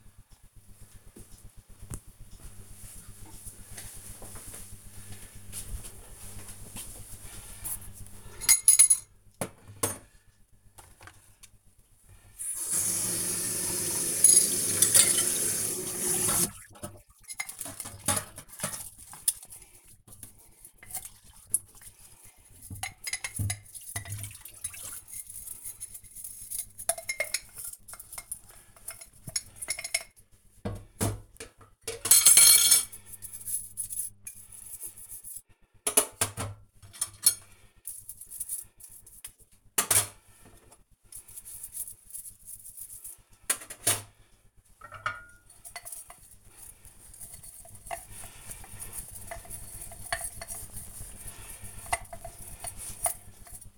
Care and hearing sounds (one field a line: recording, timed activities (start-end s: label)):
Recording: household activities, microphone on the right wrist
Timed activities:
10.49-53.78 s: washing dishes
38.65 s: note: using brush